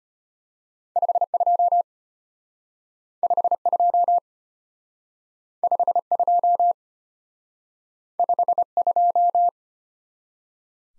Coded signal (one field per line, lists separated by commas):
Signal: Morse code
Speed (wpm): 32 wpm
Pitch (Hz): 700 Hz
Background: none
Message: 52 52 52 52